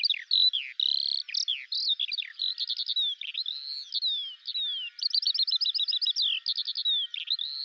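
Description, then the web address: Bird singing high clear whistles, slurred downward notes and quick repeated trills, phrases strung together with short gaps. "Deverinetal 2025 File cleaned normalized Bird Al Ar"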